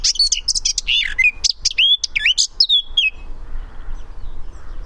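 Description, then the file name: Eurasian blackcap song: a hurried jumble of high chirps flowing into clearer, fluty whistled notes, followed by quiet. "Sylvia atricapilla"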